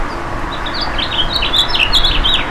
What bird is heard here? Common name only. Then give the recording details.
House Finch. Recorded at Merrick on Long Island, New York, on 17 May 2013. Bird B